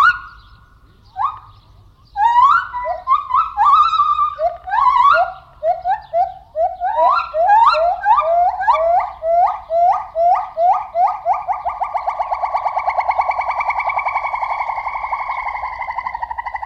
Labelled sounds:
Silvery Javan Gibbon

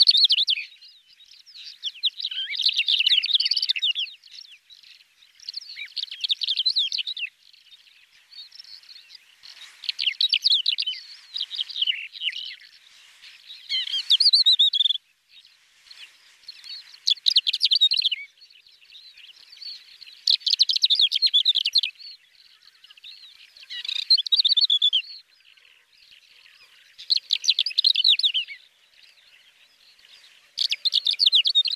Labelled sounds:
Greater Short-toed Lark song

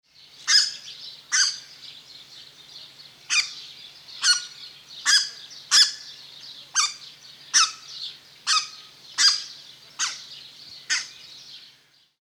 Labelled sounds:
Red-breasted Goose

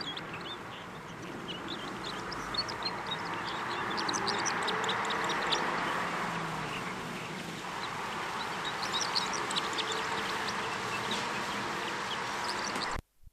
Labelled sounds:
Red Crossbill song

